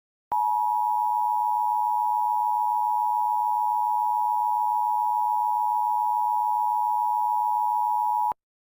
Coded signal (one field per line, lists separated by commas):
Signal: Emergency Alert System (SAME) tones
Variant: 853 and 960 Hz attention tone